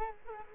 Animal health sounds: mosquito wingbeat signal from an infrared sensor; Culex quinquefasciatus

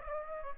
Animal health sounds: mosquito wingbeat signal from an infrared sensor; Aedes aegypti

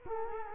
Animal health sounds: mosquito wingbeat signal from an infrared sensor; Culex quinquefasciatus

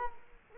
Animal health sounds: mosquito wingbeat signal from an infrared sensor; Culex quinquefasciatus

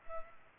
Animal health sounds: mosquito wingbeat signal from an infrared sensor; Culex pipiens

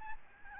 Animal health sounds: mosquito wingbeat signal from an infrared sensor; Aedes albopictus

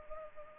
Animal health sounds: mosquito wingbeat signal from an infrared sensor; Culex pipiens

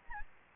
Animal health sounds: mosquito wingbeat signal from an infrared sensor; Aedes albopictus

